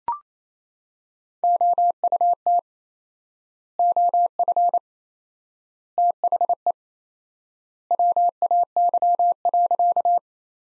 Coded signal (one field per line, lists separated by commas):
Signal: Morse code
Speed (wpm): 28 wpm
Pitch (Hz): 700 Hz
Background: none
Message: OUT OF THE WAY.